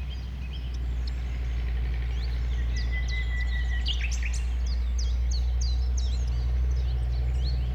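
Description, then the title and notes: Common nightingale holding a long, level whistle, then sharp descending notes and twitters, against a loud continuous low rumble. One nightingale among several settled on the banks of a stream forming a pond, 1500 m from the A20 motorway; recorded around 8 am on Sunday 12 April. "Un Rossignol Envers Et Contre Tout. un rossignol venu avec quelques autres s'installer sur les rives d'un ruisseau formant un étang à 1500 mètres de l'A 20. Ces moments ont été enregistrés vers 8h le dimanche 12 avril"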